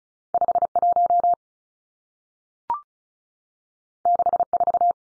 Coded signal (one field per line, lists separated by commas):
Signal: Morse code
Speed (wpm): 36 wpm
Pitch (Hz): 700 Hz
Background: none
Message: 5 1 6 4